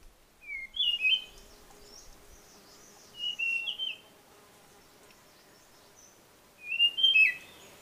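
Blue-fronted robin calling: short, clear whistled phrases given three times, with faint higher sounds between them.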